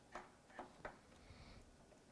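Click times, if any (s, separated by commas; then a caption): none. A plastic cable plug is lined up over the pins of a motherboard pin header and pushed down. Only a few faint, short ticks are heard at about 0.2, 0.6, 0.9 and 2.1 seconds over a quiet background, and none of them is the plug clicking into place. The plug does not click, though it ends up plugged in.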